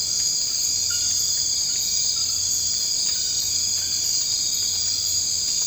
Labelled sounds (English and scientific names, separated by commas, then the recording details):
none
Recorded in dense forest near Puerto Asís, Putumayo, Colombia, on 24 March 2025 at 00:00
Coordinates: 0.485, -76.318
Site G056